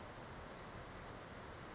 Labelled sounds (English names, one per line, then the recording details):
Western Flycatcher
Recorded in Sonoma County, California